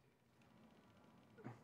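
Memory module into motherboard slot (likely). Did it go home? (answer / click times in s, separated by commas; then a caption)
no / none. A part, likely a RAM memory module, is given a solid push into a motherboard slot during a PC build. Faint low handling noise swells into a louder muffled thump around 1.4–1.5 s, and a sharp burst comes right at the end. Nothing has clicked into place yet.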